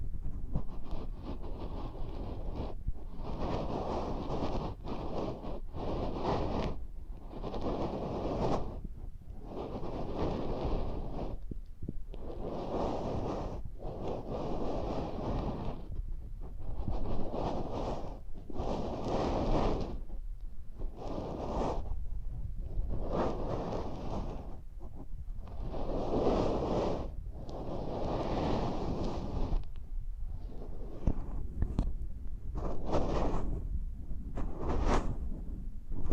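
Ear-massage ASMR: muffled rubbing and pressing with a steady low rumble, plus brighter swishing strokes repeating about every second, quickening near the end.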